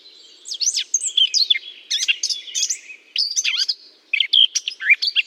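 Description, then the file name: Eurasian blackcap song: rich, fast warbling phrases of varied whistled and scratchy notes, broken into bursts with short pauses between them. Singing in a holly bush. "chant de fauvette a tete noire dans houx"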